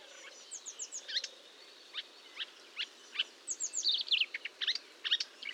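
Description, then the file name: Marsh warbler song in a looser passage: scattered sharp chips, quick downslurred whistles and short squeaky notes separated by brief gaps. Recorded at Fontaine-Française, France, on 1 June 2022 at 10:55, with Nagra and Telinga equipment. "Rousserolle verderolle 20220601 1055 Fontaine-Francaise-Fourneau"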